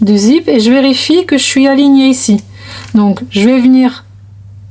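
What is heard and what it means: While a fabric pouch is being sewn, the zipper slider is handled on the two zipper tapes to catch and engage both zipper halves. Someone talks throughout, with no distinct mechanical sound standing out. The clip ends before the slider engages, so nothing has seated yet.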